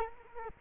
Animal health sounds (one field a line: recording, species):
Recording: mosquito wingbeat signal from an infrared sensor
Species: Culex quinquefasciatus